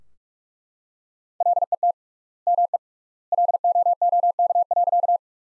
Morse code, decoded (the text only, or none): LET ME LOOK.